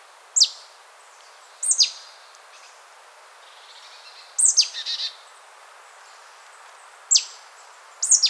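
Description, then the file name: Marsh tit giving sharp, high downslurred notes, often paired and sometimes followed by brief buzzy notes, recurring every one to three seconds in a quiet background. "Poecile palustris"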